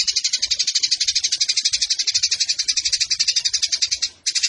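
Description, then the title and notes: Eurasian tree sparrow pouring out quick, evenly spaced harsh chirps in a dense high-pitched stream, briefly interrupted near the end. Fighting sparrow with long bursts and a clear voice; masteran tutor song for competition birds. "GEREJA TARUNG NEMBAK PANJANG SUARA JERNIH MASTERAN WAJIB BURUNG LOMBA. Burung Gereja"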